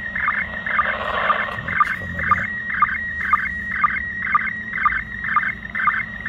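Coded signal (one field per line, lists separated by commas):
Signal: SSTV (slow-scan television)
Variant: PD120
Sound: warbling tone around 1.5-2.3 kHz with regular short low sync blips, twice per second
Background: radio static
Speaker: so you can see here how it actually decoded a picture no cables no nothing it decoded the mode it actually detected the mode pd-120 by itself and even if it's not perfect kind of a neat picture still received from the international space station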